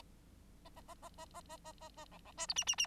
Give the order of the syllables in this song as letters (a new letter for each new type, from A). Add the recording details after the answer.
A A A A A A A A A A B B C D E E E. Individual Bird9